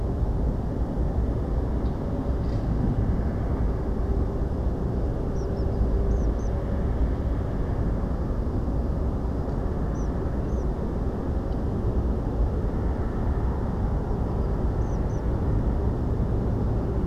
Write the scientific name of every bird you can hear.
Anthus trivialis